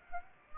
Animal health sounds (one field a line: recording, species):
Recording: mosquito wingbeat signal from an infrared sensor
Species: Aedes aegypti